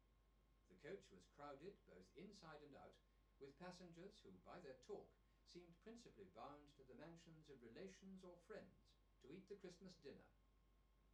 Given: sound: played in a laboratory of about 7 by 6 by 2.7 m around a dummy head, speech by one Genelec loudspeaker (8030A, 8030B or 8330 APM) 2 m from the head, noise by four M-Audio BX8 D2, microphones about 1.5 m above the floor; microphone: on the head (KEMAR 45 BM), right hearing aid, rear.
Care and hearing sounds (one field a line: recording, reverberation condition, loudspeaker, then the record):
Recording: male speech in English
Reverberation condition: low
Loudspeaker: 120 degrees to the left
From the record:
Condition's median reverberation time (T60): about 310 ms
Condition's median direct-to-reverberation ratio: about 3.5 dB